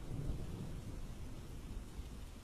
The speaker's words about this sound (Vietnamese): Thời gian thấm thoát trôi qua, lại một đêm mưa bão nữa ập tới. Tiếng mưa cũng lại xé trời xé đất như câu chuyện cách đây mấy năm.